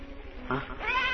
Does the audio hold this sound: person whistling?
no